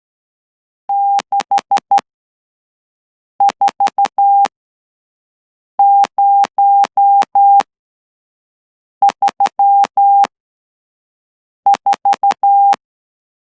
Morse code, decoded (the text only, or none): 64034